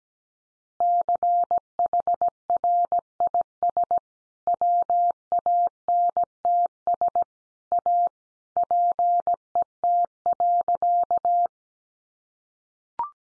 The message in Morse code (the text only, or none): CHRIS WANTS A PET.